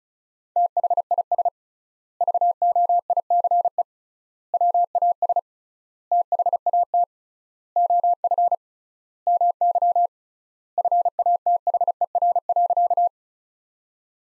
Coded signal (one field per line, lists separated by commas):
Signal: Morse code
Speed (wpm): 34 wpm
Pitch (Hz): 700 Hz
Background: none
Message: THIS VOICE WAS THAT OF MY FATHER.